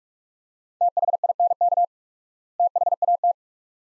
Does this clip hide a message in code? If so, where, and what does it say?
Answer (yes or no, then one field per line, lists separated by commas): yes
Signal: Morse code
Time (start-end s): 0.8-3.3 s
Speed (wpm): 42 wpm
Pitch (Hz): 700 Hz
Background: none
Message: THINK THAT